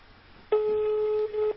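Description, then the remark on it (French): A phone's ringing tone: a steady, mid-pitched electronic hum starts abruptly after a short quiet moment and holds for about a second, with a brief dip near the end, no voices. “Là, je suis en train de l'appeler.”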